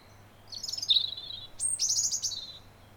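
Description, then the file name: European robin song: two thin, high, warbled phrases with tinkling, wavering notes and a brief pause between them, over a steady low background hum. "Erithacus rubecula"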